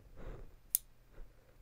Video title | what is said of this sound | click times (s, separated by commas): Building My New Lighting & Video Timecode Rack Step By Step | Click. And you should hear that click, and you should see that they have a little bit of | 0.8 s